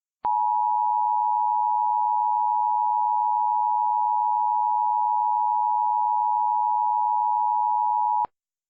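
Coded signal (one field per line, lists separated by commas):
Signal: Emergency Alert System (SAME) tones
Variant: 853 and 960 Hz attention tone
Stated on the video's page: Reconstructed real EAS alerts with valid tones from the North Dallas EF3 tornado.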